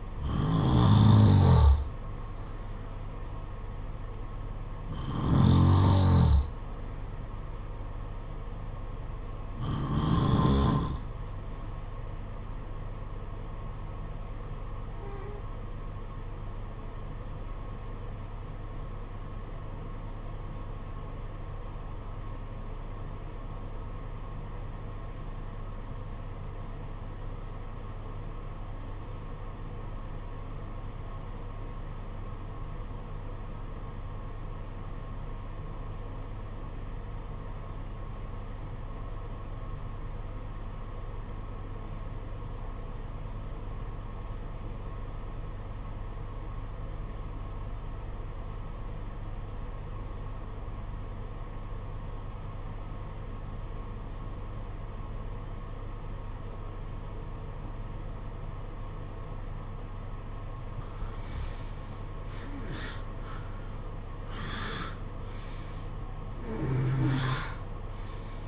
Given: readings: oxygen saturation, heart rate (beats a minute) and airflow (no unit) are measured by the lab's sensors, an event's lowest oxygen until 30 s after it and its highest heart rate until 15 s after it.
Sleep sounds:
breathing in sleep by a smartphone at the bedside; 1
14.00-62.00 s: obstructive apnea (REM, oxygen 95% highest, then 69% lowest, heart rate 50 at the start, 82 highest)
From the record:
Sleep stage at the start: REM sleep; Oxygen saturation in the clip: 72 to 95%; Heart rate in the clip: 46 to 82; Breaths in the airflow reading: 6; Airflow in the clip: -15.0 to 13.9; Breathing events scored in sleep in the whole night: 476 in 9.7 hours asleep

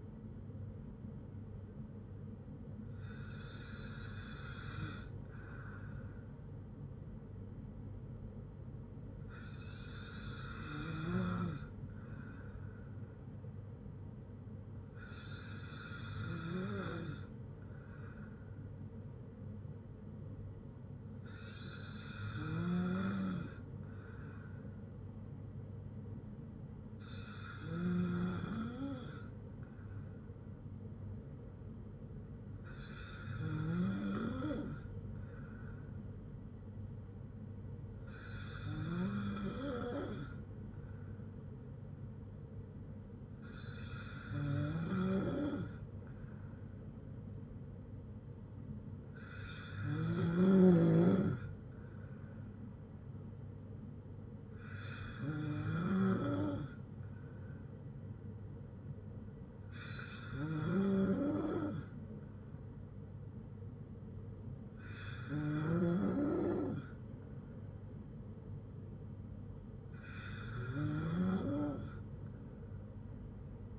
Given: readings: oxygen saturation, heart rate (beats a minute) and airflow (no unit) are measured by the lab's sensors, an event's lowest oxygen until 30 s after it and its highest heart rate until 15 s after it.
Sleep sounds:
breathing in sleep by a smartphone at the bedside; none
none scored
From the record:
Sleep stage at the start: N2 (light sleep); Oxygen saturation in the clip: 94 to 96%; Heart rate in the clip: 56 to 61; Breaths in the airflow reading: 13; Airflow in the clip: -4.6 to 3.1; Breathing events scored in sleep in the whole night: 182 in 7.4 hours asleep

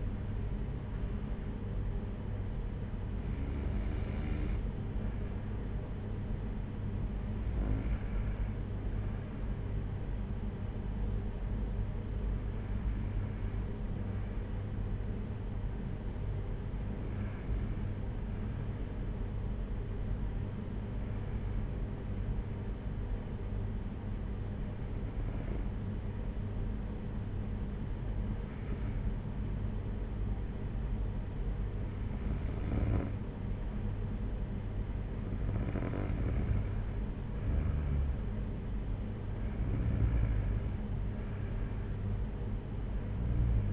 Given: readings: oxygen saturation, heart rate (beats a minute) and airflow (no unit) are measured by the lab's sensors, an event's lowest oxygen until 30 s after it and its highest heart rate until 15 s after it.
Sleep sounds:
breathing in sleep by a smartphone at the bedside; 1
10.00-36.00 s: hypopnea (N2, oxygen 95% highest, then 92% lowest, heart rate 57 at the start, 64 highest)
From the record:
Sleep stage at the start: N2 (light sleep); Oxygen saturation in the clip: 93 to 95%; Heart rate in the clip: 55 to 69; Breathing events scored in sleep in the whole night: 226 in 8.8 hours asleep

